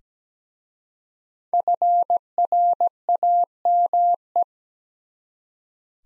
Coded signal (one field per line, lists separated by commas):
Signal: Morse code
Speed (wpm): 17 wpm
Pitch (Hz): 700 Hz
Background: none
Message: FRAME